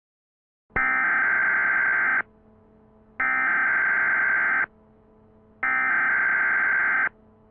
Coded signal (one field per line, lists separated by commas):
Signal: Emergency Alert System (SAME) tones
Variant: header bursts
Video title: EAS in Games - "Parasite Eve"